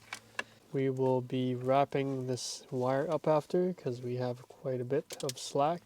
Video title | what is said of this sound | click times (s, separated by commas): NEW RAM INTERIOR AMBIENT LIGHTING INSTALL GUIDE (EASY) | which is right beside the zone 2 LED light just going to plug it in till you hear a click just like so | 0.1 s, 0.4 s